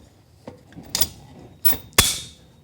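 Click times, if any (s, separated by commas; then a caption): 0.9 s, 2.0 s. Aluminium poles are pushed into a frame connector of a SoundProof-er SPB63 vocal booth, giving two sharp clicks at 0.9 s and 2.0 s, with softer rattles around them. The second click is the loudest. Both clicks mean the poles have seated and this part of the frame is finished.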